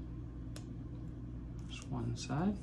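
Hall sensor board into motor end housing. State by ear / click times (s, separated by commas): seated / 0.6 s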